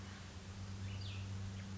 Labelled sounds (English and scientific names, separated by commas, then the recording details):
Cassin's Vireo (Vireo cassinii)
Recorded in Sonoma County, California